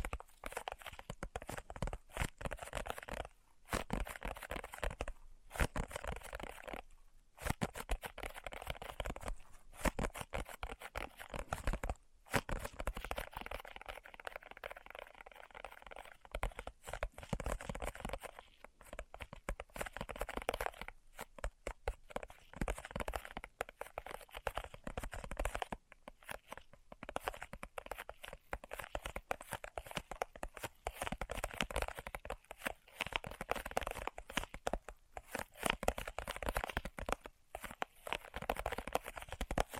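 ASMR tapping goes on in dense, rapid bursts of crisp, crinkly clicks, broken by brief silent gaps near 4, 7 and 12 seconds.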